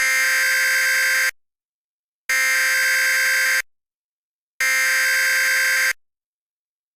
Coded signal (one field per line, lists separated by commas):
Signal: Emergency Alert System (SAME) tones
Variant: header bursts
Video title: Mock EAS: Multi-Part Disaster Hybrid